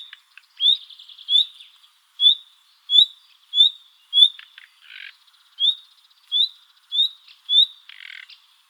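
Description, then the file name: Common nightingale giving upslurred whistles in a steady series, with a couple of short dry rattling notes mixed in. "Luscinia megarhynchos"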